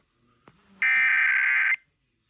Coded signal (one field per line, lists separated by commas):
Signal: Emergency Alert System (SAME) tones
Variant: header bursts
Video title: EAS South Carolina RMT on 88.9 WNSC-FM